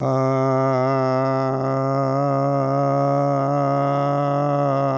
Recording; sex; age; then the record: sustained vowel /a/; male; 70 to 79 years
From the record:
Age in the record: 77 years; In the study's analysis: included